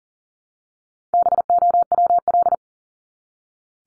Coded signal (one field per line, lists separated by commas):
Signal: Morse code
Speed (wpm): 40 wpm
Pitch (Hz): 700 Hz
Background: none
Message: BOWL